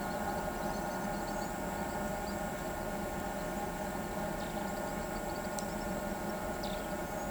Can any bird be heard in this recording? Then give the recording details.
no. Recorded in pastures near Pivijay, Magdalena, Colombia, on 13 April 2023 at 07:00. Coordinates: 10.456, -74.369. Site P6-G026